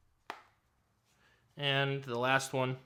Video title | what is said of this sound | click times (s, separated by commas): INSANE GRIP! - Smartish Gripzilla for iPhone 15 Pro Max | very very very nice clicks onto the corners of this so you definitely don't have to worry about | 0.3 s